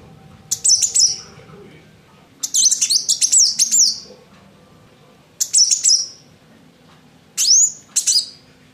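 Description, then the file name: Van Hasselt's sunbird calling in short bursts of sharp, high, tumbling chirps, four phrases two to three seconds apart, with a faint low hum beneath. Female. "kolibri wulung betina omkicau"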